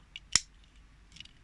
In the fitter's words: bu şekilde tık diye oturuyor